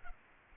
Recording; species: mosquito wingbeat signal from an infrared sensor; Culex pipiens